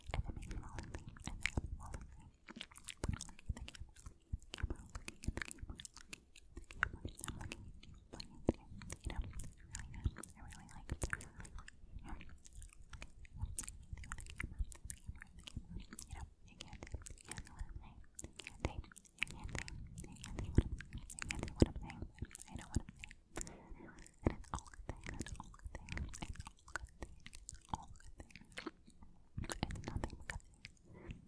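Fast, inaudible whispering, a dense run of soft mouth clicks and breathy bursts with low rumble, continuing steadily throughout.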